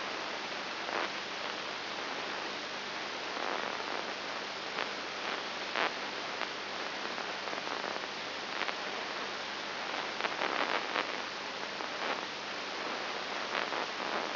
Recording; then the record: brain microelectrode recording played as sound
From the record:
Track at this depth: inside the subthalamic nucleus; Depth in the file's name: 3.902 mm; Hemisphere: left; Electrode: 3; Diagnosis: Parkinson's disease